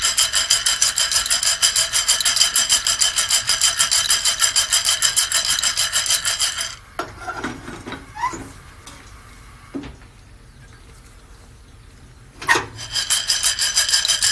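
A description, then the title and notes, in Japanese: Guatemalan SHB coffee being roasted: a fast, steady rasping churn, like beans tumbling, runs for the first seven seconds. It then stops, leaving scattered clicks, scrapes and a quiet gap, until a sharp knock near twelve seconds brings the churning back. 今朝は”グアテマラSHB”を焙煎。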